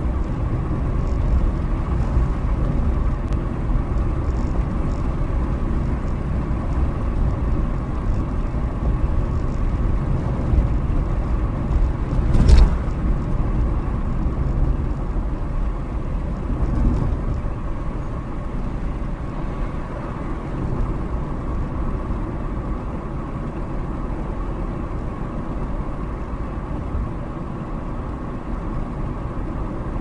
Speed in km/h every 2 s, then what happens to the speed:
64, 66, 64, 64, 64, 63, 63, 60, 60, 60, 60, 60, 60, 60, 58.
0-30 steady at about 60.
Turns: none.